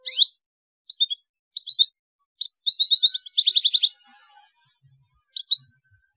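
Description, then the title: Canary song: short sweet chirped phrases, then a fast trilled roll of bright notes, followed by a brief final chirp. Belgian canary song used to stimulate young canaries to sing energetically. "Canto Para Esquentar Canário Belga. CUITAN KENARI MERANGSANG BUNYI KENARI PAUD. PANCINGAN KENARI AGAR GACOR"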